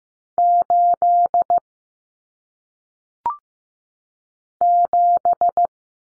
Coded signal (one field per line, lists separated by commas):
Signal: Morse code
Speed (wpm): 15 wpm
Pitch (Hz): 700 Hz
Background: none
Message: 8 7